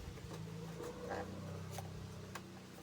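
Someone handles the front door sensor switch of a Hyundai Accent/Cakra, fitting it back toward its mounting hole in the car door frame over a steady low hum, with a few small ticks and a sharper tick at about 2.4 s. Nothing has seated or clicked into place yet.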